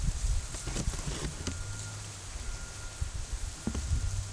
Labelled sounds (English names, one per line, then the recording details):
none
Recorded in pastures near Puerto Asís, Putumayo, Colombia, on 22 December 2024 at 12:30
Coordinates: 0.487, -76.322
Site GP09